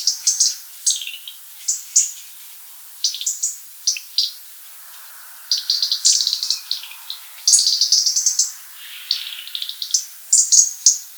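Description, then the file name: European robin song: high, sweet tumbling phrases of trills and slurred notes, delivered in quick bursts separated by brief silences. "rotkehlchen"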